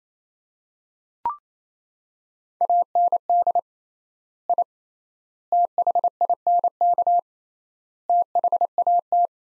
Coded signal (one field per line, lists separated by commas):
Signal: Morse code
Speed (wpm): 28 wpm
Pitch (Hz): 700 Hz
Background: none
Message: AND I THINK THAT